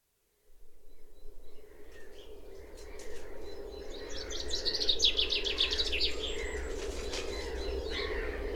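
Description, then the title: Bird chirping, with a rapid burst of high twittering notes midway, over a steady low background rumble. "antiritm : quatres pistes d'oiseaux et de chiens"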